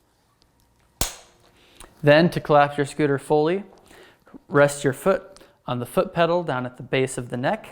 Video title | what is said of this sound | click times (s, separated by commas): Glion DollyXL Unboxing and Operations Video | and push them down until you hear them click into place | 1.0 s